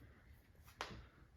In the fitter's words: push the whole thing back in and there it goes and that's where it locks in